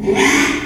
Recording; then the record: squeal of a Yucatan mini pig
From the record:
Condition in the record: after surgery on the right vocal fold (resection and tissue-engineered implant); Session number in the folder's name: 3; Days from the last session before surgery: 33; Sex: male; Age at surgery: 12 weeks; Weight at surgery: 13 kg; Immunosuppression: cyclosporine, prednisolone